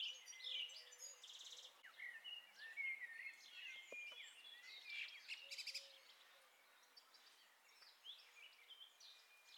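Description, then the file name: European goldfinch twitter of high, quick chirps mixed with brief buzzy rattles, busiest early on and thinning toward the end. "Carduelis carduelis"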